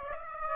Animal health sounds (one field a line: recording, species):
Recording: mosquito wingbeat signal from an infrared sensor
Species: Aedes aegypti